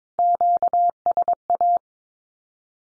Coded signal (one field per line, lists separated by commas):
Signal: Morse code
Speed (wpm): 22 wpm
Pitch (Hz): 700 Hz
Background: none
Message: QSA